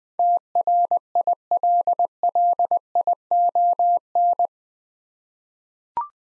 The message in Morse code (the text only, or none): TRILLION